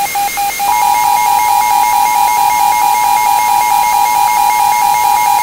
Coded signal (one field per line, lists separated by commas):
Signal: Emergency Alert System (SAME) tones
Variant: 853 and 960 Hz attention tone